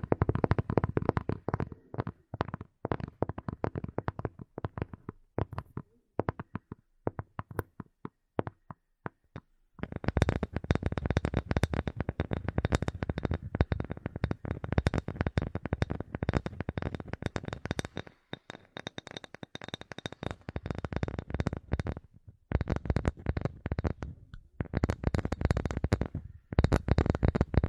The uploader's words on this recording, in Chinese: 舒缓解压的敲击音。